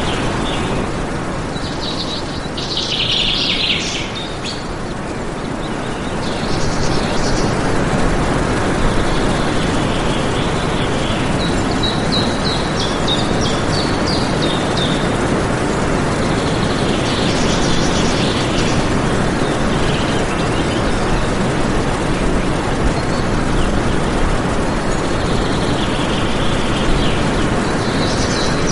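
Birds sing over a steady, dense rumble that fills the whole recording and swells slightly after about six seconds. Bright chirps and short trilled phrases surface repeatedly, clearest around three, eight, thirteen, eighteen and twenty-seven seconds, partly masked by the constant low roar.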